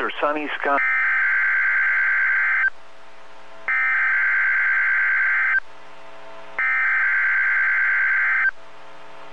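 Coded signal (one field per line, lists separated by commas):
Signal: Emergency Alert System (SAME) tones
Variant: header bursts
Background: speech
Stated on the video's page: Real tornado warnings and a required weekly test issued by the weather service during Kansas/Missouri statewide tornado drills, received on NOAA Weather Radio.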